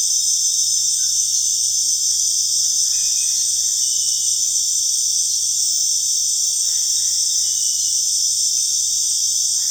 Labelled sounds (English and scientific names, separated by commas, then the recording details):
none
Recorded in secondary vegetation near Puerto Asís, Putumayo, Colombia, on 22 June 2025 at 19:00
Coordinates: 0.485, -76.322
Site GP06